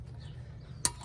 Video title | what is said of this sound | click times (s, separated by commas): Front Brake Change in a Kia Soul | to the actual caliper itself so it just pops right in you | 0.8 s